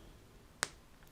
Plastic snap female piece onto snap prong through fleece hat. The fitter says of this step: you can hear that snap in place so to completely secure take your pliers and